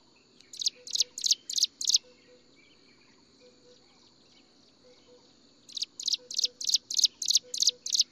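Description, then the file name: Striated prinia calls: two bursts of rapid, buzzy, high-pitched notes repeated about three times a second, with a steady insect hum in the background. "斑紋鷦鶯"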